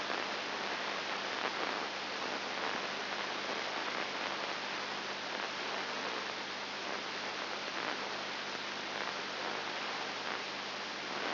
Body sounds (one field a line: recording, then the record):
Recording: brain microelectrode recording played as sound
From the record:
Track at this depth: outside the subthalamic nucleus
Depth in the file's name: 5.7 mm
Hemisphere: left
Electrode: 2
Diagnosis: Parkinson's disease